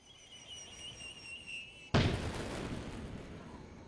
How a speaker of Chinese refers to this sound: 此时远处天空突然绽开一团绚丽烟火，随即又响起一声沉闷爆炸声。皇帝立在门前，身后的吴王感叹京城半夜也有人放烟花。